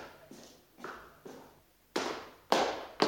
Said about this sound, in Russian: Как стучат сапогами. Так валится, как будто 40 пуд сбрасывает кто-нибудь с телеги.